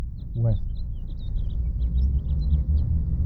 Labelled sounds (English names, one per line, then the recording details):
House Finch song
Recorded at Atlantic Beach West on Long Island, New York, on 2 June 1975
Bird A